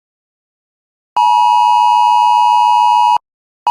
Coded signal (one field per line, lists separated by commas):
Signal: Emergency Alert System (SAME) tones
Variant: 853 and 960 Hz attention tone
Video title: 2023 National EAS Test! (Read Desc)